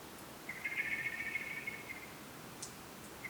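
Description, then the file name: Common blackbird making a single drawn-out, scratchy buzz of more than a second against low steady hiss. "Turdus merula"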